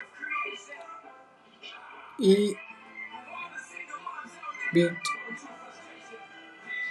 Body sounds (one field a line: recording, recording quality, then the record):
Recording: sustained vowel as in beet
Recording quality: moderate, slight background noise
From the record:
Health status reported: exposed to COVID-19, no respiratory illness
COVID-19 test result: not tested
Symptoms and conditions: cough, sore throat, muscle pain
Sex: male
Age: 24 years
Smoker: not ticked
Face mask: not worn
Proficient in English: yes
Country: India